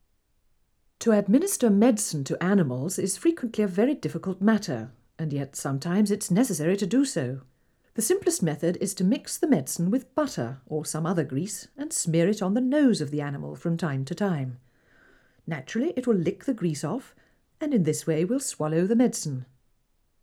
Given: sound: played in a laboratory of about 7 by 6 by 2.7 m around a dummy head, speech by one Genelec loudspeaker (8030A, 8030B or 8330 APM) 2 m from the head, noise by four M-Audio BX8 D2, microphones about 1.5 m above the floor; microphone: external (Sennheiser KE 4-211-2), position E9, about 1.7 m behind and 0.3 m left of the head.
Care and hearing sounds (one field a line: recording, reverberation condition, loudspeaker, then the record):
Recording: female speech in English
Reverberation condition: low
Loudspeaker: behind (180 degrees)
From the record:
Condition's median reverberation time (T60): about 310 ms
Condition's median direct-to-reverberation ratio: about 3.5 dB